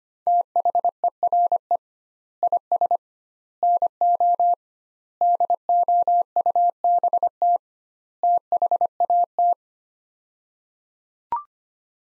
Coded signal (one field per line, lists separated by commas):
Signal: Morse code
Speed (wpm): 25 wpm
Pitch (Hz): 700 Hz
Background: none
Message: THERE IS NO DOUBT THAT